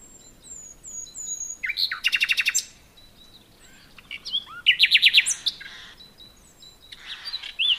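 Common nightingale song: soft drawn-out whistles, then loud rapid rattling trills of repeated notes, a pause, and another burst of fast pulsed notes with a rising whistle.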